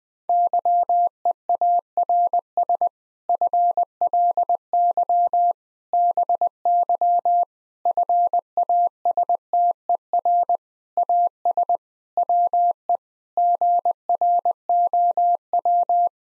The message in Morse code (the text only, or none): YEARS FLY BY FASTER AS WE GROW